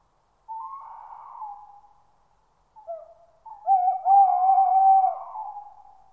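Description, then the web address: Tawny owl hooting: a first wavering hoot, a short pause and a stutter, then a long tremulous hoot. "bird tawny owl"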